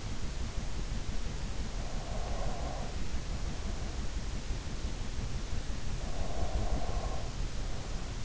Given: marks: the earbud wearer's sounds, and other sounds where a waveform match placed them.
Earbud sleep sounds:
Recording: sounds in sleep by an in-ear microphone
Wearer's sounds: breath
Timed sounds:
1.43-4.29 s: breath
6.11-8.25 s: breath

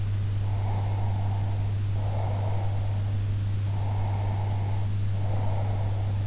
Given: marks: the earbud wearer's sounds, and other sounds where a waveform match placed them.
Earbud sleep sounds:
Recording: sounds in sleep by an in-ear microphone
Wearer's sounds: breath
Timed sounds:
0.51-3.17 s: breath
3.77-6.20 s: breath

